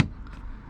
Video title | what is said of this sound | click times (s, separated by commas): Installing Dash Camera On Ford Transit NextBase 622 | just push it forward, you'll hear the click. Ready? Look, there you go. | 0.0 s